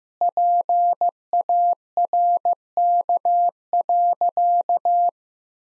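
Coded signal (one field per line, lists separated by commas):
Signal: Morse code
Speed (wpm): 15 wpm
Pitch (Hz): 700 Hz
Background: none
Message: PARK.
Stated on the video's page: Morse practice drill at 15 wpm of sentences containing common five-word phrases, each sentence sent twice for head-copy.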